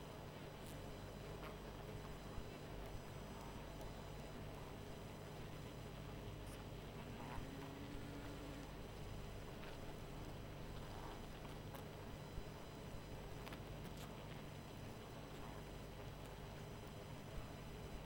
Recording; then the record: honeybee colony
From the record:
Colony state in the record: missing queen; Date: 14 July 2017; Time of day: 21:46